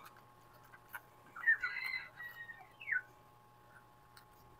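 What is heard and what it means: A ring light or phone holder attachment is being handled onto a small tripod, with small handling knocks around 1.4 s, 1.6 s and 2.8 s over a steady low hum, mixed with short chirp-like tonal sounds. Nothing has seated or clicked yet.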